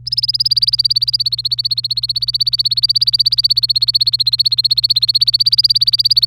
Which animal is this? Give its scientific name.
Serinus canaria